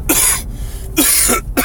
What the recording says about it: I still have a cough after getting better a couple weeks ago. And as I'm coughing, my voice keeps getting hoarse. Please clear my lungs.